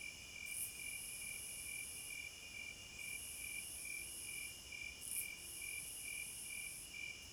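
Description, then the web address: Crickets chirp in a steady high pulsing trill, with a shrill higher buzz that runs in stretches broken by short gaps, over faint background hiss. Forest at night. "Hypnotizing Forest- Wolves, Crickets, Owls and Singing Birds Midnight Concert"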